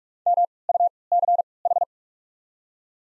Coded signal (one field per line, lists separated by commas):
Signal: Morse code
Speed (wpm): 44 wpm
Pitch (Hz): 700 Hz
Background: none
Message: M U C H